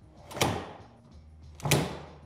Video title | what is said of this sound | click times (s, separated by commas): Outdoor Ballast Display | the frame into the ballast until you hear it snap into place | 0.4 s, 1.7 s